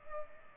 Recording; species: mosquito wingbeat signal from an infrared sensor; Culex pipiens